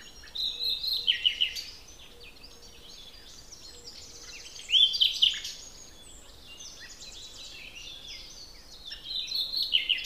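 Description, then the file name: Common nightingale song: three rich phrases of fast, varied notes and bright whistles, set apart by quieter gaps of a few seconds. "Luscinia megarhynchos"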